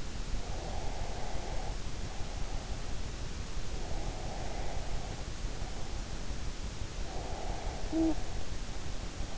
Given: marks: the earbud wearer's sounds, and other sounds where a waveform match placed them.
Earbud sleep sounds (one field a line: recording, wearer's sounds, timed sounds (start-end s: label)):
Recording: sounds in sleep by an in-ear microphone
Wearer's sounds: breath, talking in sleep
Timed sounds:
0.52-2.94 s: breath
3.83-6.07 s: breath
7.19-9.38 s: breath
7.90-8.27 s: talking in sleep